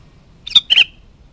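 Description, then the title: Sooty-headed bulbul gives one brief phrase, a sharp note followed by a slurred, buzzy double note, over a quiet background. "Kutilang"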